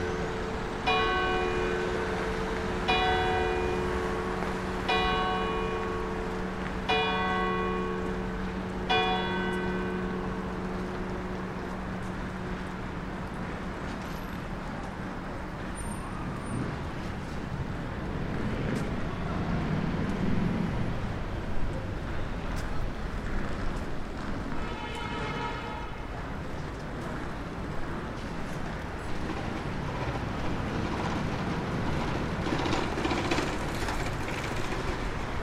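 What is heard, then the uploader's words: Church bells ring out in slow strokes about every two seconds early on, then again near the end, over steady, dense roar of traffic. Church bells at Saint Nicolas des Champs in Le Marais, Paris, chime 11 o'clock in December 2023. There are two major roads either side of the church, which are constantly busy with noisy traffic. Even the chiming of the bells has difficulty cutting through and making itself clear in the soundscape.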